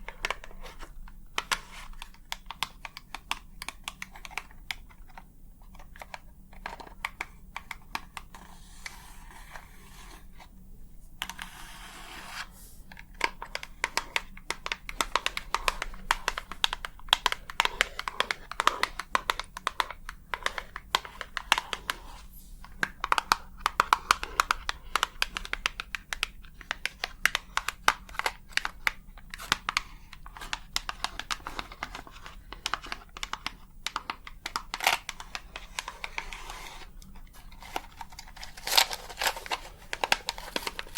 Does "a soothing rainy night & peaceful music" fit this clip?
no